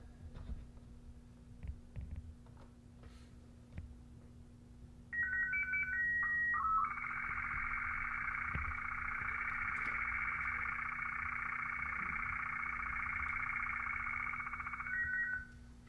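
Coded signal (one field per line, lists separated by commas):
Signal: SSTV (slow-scan television)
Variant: black-and-white 8-second mode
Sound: stepping two-note tones, a short low header, then eight seconds of rapid warbling scan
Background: electrical hum, room noise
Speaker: let's go ahead and load another image okay and we'll send this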